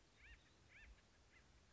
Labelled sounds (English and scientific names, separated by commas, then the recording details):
Acorn Woodpecker (Melanerpes formicivorus)
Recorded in Sonoma County, California